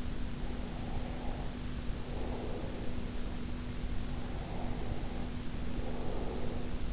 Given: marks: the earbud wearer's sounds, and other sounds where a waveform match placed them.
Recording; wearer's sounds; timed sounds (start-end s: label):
sounds in sleep by an in-ear microphone; breath
0.31-3.29 s: breath
3.92-6.93 s: breath